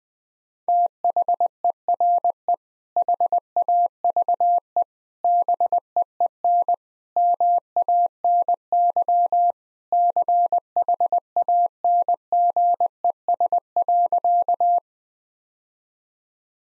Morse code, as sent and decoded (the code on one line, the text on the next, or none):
- .... . .-. . / .... .- ...- . / -... . . -. / -- .- -. -.-- / -.-. .... .- -. --. . ... .-.-.-
THERE HAVE BEEN MANY CHANGES.